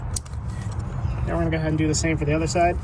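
A plastic harness connector is pushed onto the knock sensor of a 1996–2001 Lexus ES 300 and clicks home at 0.2 s, leaving it seated. A low vehicle hum runs underneath, and then someone talks.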